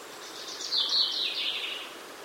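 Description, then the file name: Common chaffinch giving a high, bright, slightly descending chirping phrase that swells and fades within about one and a half seconds, with faint hiss behind. "Fringilla coelebs"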